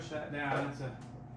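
Someone talks from 0.0 to 1.4 s; no sharp click or snap occurs, so nothing has seated.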